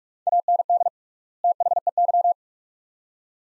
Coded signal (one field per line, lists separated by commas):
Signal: Morse code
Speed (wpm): 44 wpm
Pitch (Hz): 700 Hz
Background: none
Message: AND THEY